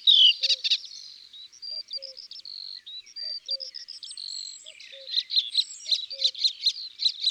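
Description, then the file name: Melodious warbler song of sustained thin whistles and short chirps, ending in spaced bursts of chatter, with faint low paired notes at regular intervals. Recorded in the countryside. "Hypolais polyglotte Chants doiseaux dans la campagne"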